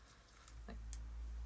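Someone forces the plastic tail piece of a toy dinosaur figure into its body socket with a lot of force, but it won't twist in or snap in. Only faint plastic ticks are heard, near 0.5 s and 0.9 s, over a low steady hum. Nothing has seated or clicked yet.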